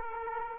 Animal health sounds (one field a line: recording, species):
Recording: mosquito wingbeat signal from an infrared sensor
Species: Aedes aegypti